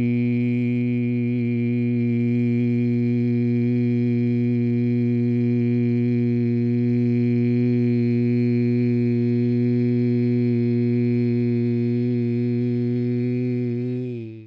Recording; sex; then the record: sustained vowel /i/; male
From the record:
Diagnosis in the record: Parkinson's disease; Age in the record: 70 years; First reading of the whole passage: 65 s, 7.9 characters per second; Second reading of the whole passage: 60 s, 8.6 characters per second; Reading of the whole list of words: 48 s, 5.8 characters per second